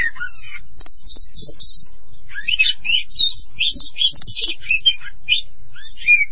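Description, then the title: Oriental magpie-robin song of clear whistled notes and quick varied phrases, some buzzy and some fluty, with a low background rumble. "Kacer"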